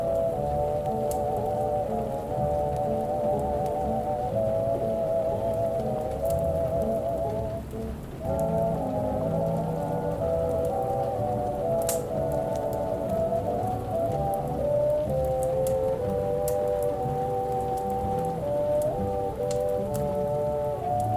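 Oldies music plays in another room, muffled and dull, with only the midrange melody and a thick low bed coming through. The level stays steady except for a brief drop near eight seconds, with faint crackle and scattered clicks on top.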